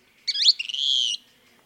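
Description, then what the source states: Kingbird call: a short twittering chatter that runs into a sustained buzzy, high note lasting under a second, with a quiet background. Robin-sized flycatchers; two species in Arizona steal cicadas from cicada-killer wasps.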